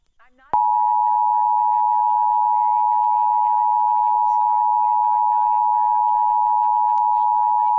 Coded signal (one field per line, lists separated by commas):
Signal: Emergency Alert System (SAME) tones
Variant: 853 and 960 Hz attention tone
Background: speech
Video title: National EAS Test Roundup - 8/11/2021 Minneapolis/St. Paul [AUDIO FIX REUPLOAD]